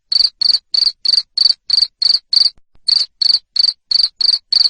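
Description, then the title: Cricket chirping loudly, a steady train of short high pulsed chirps about three per second, with one brief pause near the middle; no other sounds. Loud cricket chirping used to stimulate lovebirds to sing continuously. "Suara JANGKRIK NGERIK Keras Bikin LOVEBIRD Jadi NGEKEK Terus Vubey"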